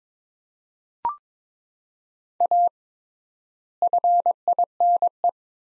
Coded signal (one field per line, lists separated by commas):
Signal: Morse code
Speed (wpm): 21 wpm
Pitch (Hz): 700 Hz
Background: none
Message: A FINE